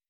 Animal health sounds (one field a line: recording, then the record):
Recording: hydrophone in a shrimp aquaculture tank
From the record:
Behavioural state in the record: weakened